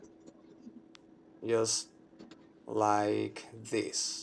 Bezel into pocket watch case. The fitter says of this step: And the bezel simply snaps into place on the case.